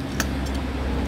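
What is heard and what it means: A hose clamp/connector is fitted onto the MAF sensor air intake housing of a Polo 1.4 engine while refitting the MAF sensor, before the air box goes back on. Over a steady low engine-like hum, a single sharp click is heard at 0.2 s as the clamp seats into place.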